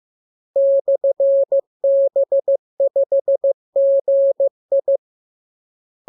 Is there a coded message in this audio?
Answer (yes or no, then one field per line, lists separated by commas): yes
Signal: Morse code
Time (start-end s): 0.6-5.0 s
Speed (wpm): 15 wpm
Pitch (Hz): 550 Hz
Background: none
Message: /B5GI